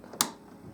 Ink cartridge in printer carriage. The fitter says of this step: You hear a little click, it comes loose, you can wiggle them out,